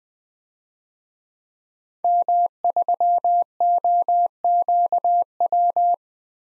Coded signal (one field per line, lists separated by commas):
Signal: Morse code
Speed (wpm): 20 wpm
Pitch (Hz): 700 Hz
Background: none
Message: M3OQW